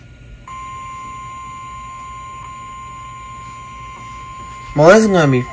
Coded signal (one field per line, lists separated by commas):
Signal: Emergency Alert System (SAME) tones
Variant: 1050 Hz attention tone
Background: speech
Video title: EAS 1789-1791: Severe Thunderstorm Watch